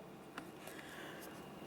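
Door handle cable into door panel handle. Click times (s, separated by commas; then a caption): 0.4 s. On a 2009–2014 Nissan Maxima, the lower inside door handle cable, the one with the circular tab at its end, is pressed into its holder on the door panel during panel installation. A single short, sharp click sounds at 0.4 s over a faint steady background. The cable seats into place, and it is then given a light tug.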